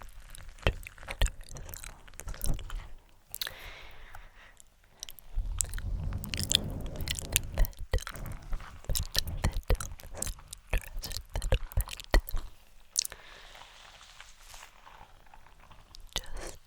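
Wet jelly sounds fill the recording: quick squishes, smacks and crunchy bites come in dense, irregular bursts, with a heavier, lower squelching stretch around six to eight seconds. The pace never settles, and it stays quiet between bursts.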